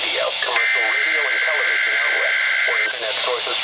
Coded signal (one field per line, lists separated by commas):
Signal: Emergency Alert System (SAME) tones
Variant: header bursts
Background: speech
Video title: EAS #712: Tornado Watch #293 (6/10/2013)